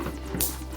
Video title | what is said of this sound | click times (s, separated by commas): CLCKR MagSafe Stand & Grip review | clicks into place and the job is done so you can either use with a rail case it's up to yourself | 0.4 s